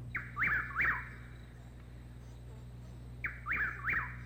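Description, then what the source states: Chuck-will's-widow singing its whistled phrase twice, each a quick series of swooping notes, with about two seconds of quiet between phrases. Heard singly.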